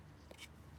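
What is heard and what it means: A new rear brake wear sensor's plastic sensor head is handled at its slot in the brake pad backing plate on a BMW X3 F25 / X4 with electric hand brake. Only quiet handling noise is heard over a low hum, with a brief faint tap at 0.3 s. The sensor has not yet seated or clicked into the pad.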